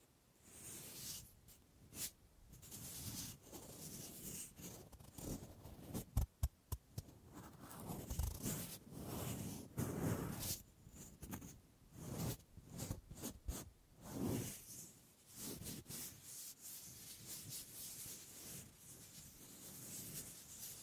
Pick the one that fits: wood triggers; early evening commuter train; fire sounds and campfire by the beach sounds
wood triggers